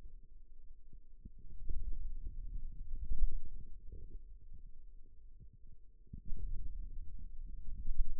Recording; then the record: forearm muscle sounds (acoustic myography)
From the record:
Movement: wrist flexion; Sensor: system 2, bracelet of six BSWA MPA416 microphones around the upper forearm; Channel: 3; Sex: male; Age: 22 years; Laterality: right